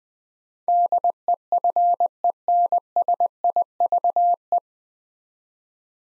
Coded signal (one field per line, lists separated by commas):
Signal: Morse code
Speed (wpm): 20 wpm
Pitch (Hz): 700 Hz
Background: none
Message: DEFENSIVE